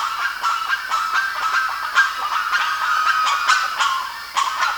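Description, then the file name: Bird calls, loud overlapping rasping notes with a few sharper sudden squawks standing out, forming a continuous noisy chatter. "SABIOD 50 bird 2015"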